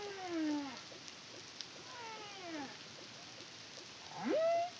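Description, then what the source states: Humpback whale song: a descending moan, a fainter harmonic downsweep, then a loud upswept cry flattening into a held tone. Caribbean, CARIMAM project, 2023.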